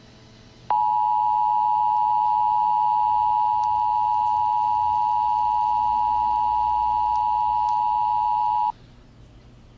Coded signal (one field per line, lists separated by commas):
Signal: Emergency Alert System (SAME) tones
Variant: 853 and 960 Hz attention tone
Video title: Creature From The Krusty Krab EAS Scenario